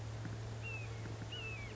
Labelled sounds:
Red-shouldered Hawk (Buteo lineatus)

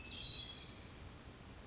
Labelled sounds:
Hermit Thrush (Catharus guttatus)

